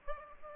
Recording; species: mosquito wingbeat signal from an infrared sensor; Aedes aegypti